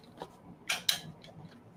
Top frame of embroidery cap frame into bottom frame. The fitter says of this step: so did you guys hear that clicking noise